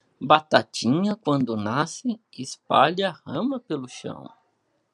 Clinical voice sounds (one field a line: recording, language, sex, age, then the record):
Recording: short text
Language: Brazilian Portuguese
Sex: male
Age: 30 to 39 years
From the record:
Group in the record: control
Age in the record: 37 years